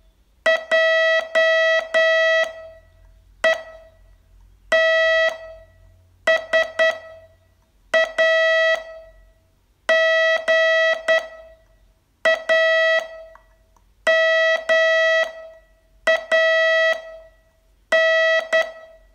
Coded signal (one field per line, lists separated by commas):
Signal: Morse code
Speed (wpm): 10 wpm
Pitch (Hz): 650 Hz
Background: none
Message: J E T S A G A M A N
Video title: Learn Morse in 42 Days from VU2LAU - day 23